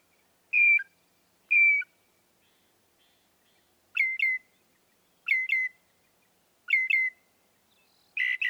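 Northern mockingbird singing clear whistled notes: two single slurs, then three paired notes at steady intervals.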